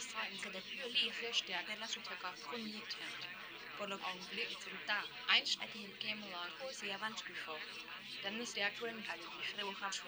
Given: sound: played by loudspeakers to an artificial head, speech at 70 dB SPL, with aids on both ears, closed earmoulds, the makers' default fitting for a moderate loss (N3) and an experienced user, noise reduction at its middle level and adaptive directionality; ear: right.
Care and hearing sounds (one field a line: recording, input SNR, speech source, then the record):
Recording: speech test signal (ISTS) in cocktail-party noise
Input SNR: 0 dB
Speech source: on the right (90 degrees)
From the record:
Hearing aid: class 2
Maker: F